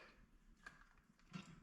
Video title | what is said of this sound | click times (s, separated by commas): Easy Electric Scooter Upgrades: Install Mirror, Phone Holder & Cup Holder - Step-by-Step Guide | once you hear it click it means that essentially the mirror is clasped into place | 0.7 s